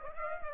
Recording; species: mosquito wingbeat signal from an infrared sensor; Aedes aegypti